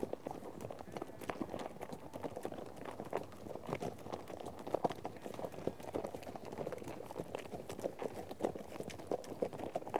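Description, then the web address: Horse hoofbeats, a fast, fairly soft stream of overlapping clops that carries on evenly throughout. A herd of horses out on a trek. "BBC Sound Effects Library - Horses Herd of horses out on trek"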